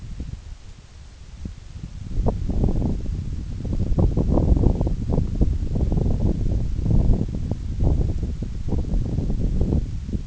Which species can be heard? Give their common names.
none